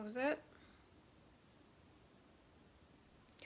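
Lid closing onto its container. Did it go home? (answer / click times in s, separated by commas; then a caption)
yes / 3.4 s. A lid is closed onto its container. Someone talks briefly at the start, then after a long quiet stretch a sharp, short click is heard at 3.4 s as the lid shuts, showing it has seated closed.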